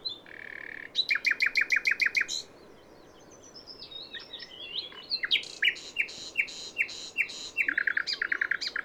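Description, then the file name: Common nightingale song: a steady flat whistle, then a burst of rapid repeated chirps, a quiet pause of soft notes, and more fast rattling note series. "Luscinia megarhynchos"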